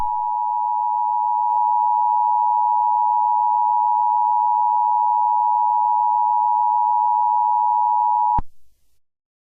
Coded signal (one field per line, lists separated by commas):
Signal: Emergency Alert System (SAME) tones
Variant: 853 and 960 Hz attention tone